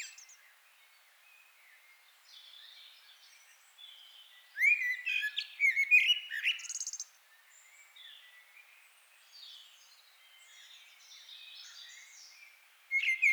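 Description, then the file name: Common blackbird song: a loud burst of low fluty whistles running into scratchy high twitters, then quieter softer phrases and another phrase starting at the end. "Turdus merula"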